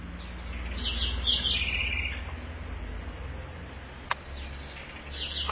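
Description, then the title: Southern house wren gives a fast, tumbling phrase of high notes ending in a trill, with another phrase starting at the end over low rumble. "cURRUIRA"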